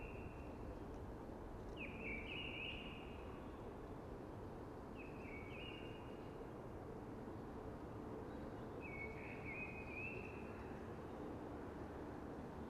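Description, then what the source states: Eurasian blackbird giving short whistled phrases at irregular intervals over steady wind noise. Sung early, amongst hushing conifers.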